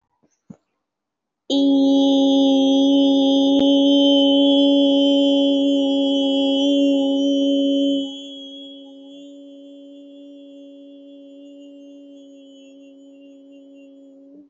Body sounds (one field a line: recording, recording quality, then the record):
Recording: sustained vowel as in beet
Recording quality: excellent, no background noise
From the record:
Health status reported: recovered from COVID-19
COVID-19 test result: positive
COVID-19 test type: RT-PCR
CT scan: taken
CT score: 0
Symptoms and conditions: fatigue, muscle pain, another condition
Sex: female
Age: 25 years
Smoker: no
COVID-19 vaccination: both doses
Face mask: worn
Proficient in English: yes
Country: India